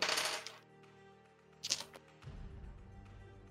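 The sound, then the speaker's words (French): Six dice rattle and clatter across a table in two bright, clicking bursts for a brawl roll, the second shorter and sharper, followed by a low, steady hum with no talking. “Est-ce que tu veux que je te donne ton nombre de dés ? Tu as 6 dés.”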